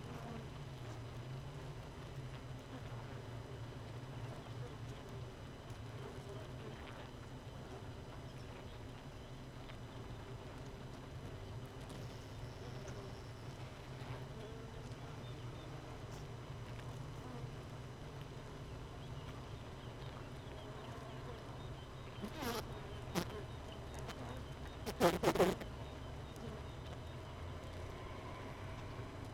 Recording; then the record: honeybee colony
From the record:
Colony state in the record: missing queen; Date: 31 May 2018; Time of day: 4:46